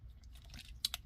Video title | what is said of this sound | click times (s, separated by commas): Transformers ROTB Studio Series 105 Deluxe Class MIRAGE (Touch-Up Paint) | and that will snap into place you get some | 0.8 s